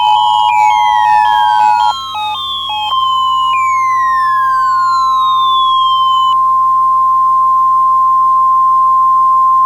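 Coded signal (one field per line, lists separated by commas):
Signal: Emergency Alert System (SAME) tones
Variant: 853 and 960 Hz attention tone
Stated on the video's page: Simulated EAS alert in a fictional scenario.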